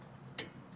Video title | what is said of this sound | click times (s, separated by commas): How to Replace Brake Pads on Your Car - Quick & Easy | Until I hear it click like that, then I know it's going in straight. | 0.4 s